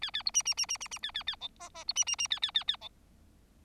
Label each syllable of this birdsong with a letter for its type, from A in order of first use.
A A B C C C C C C A A A D E E B C C C A A A A D